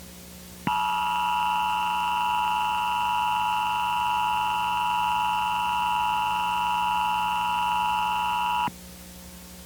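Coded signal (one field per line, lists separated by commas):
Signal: Emergency Alert System (SAME) tones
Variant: 853 and 960 Hz attention tone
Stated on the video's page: Fictional EAS scenario with simulated alert tones, possibly containing valid SAME tones.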